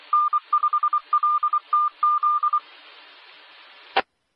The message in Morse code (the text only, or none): N5LTZ